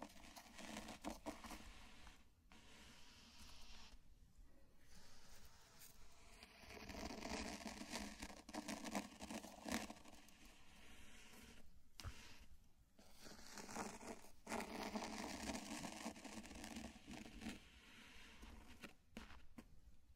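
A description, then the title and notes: Sand is brushed and crinkled in a steady, dense scraping hiss that swells and eases in waves, broken by brief quiet gaps. NO TALKING.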